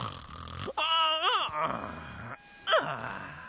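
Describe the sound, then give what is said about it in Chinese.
A voice imitates a character's loud snoring in a Chinese dub of Open Season: a rasping low rumble, then a strained, pitch-swooping groan, a breathy exhale, and another groaning snort, all exaggerated and loud. “不过你太胖了，大呼声好像……”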